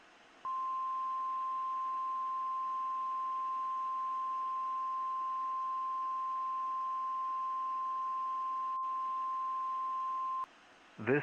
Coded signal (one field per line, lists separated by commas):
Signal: Emergency Alert System (SAME) tones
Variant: 1050 Hz attention tone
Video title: EAS Screen Showcase! (My Version)